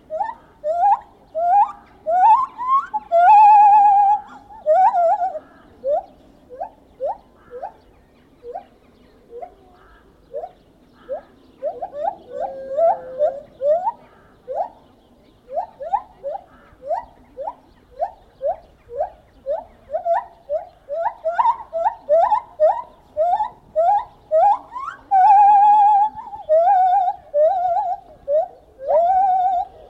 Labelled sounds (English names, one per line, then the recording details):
Lar Gibbon
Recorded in captivity
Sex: pair
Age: adult
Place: Tierpark Berlin, Berlin, DE
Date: 1970-03-15 11:18
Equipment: Uher 4200 Report Stereo, Transistorverstärker II, Sennheiser MD 421, Doppelspuraufnahme
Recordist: Tembrock, Günter